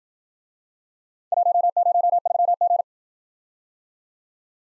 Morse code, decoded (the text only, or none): 103G